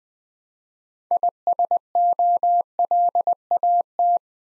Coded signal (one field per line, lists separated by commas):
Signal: Morse code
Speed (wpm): 20 wpm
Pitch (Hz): 700 Hz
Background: none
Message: ISOLAT